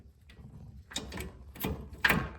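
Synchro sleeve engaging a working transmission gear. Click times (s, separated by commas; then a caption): 2.1 s. A synchro sleeve is slid onto a working gear in a 2009 Scion xB transmission, and the engagement is repeated with softer sliding, rattling contacts around 0.9 to 1.6 seconds. A loud, sharp metallic click at 2.1 seconds marks the gear dogs clicking in and the sleeve seating fully.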